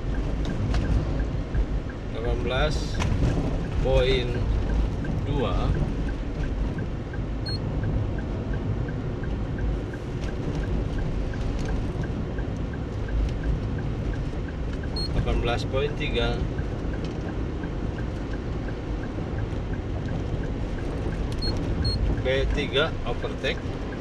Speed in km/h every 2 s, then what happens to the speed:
47, 47, 47, 48, 48, 48, 48, 49, 51, 52, 53, 54.
0-24 steady at about 48.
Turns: none.